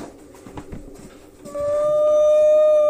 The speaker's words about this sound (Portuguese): Primeiro tenente. Acho que estou ouvindo baleias. Baleias? Olha no sonar e se aparece as baleias. Aparece. Um cardume de baleias.